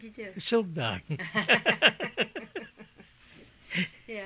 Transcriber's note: they laugh